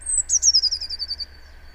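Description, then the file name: Eurasian blue tit: a thin, high, falling note followed by a rapid, slightly descending trill of about ten notes lasting about a second, over a steady low hum. "Cyanistes caeruleus"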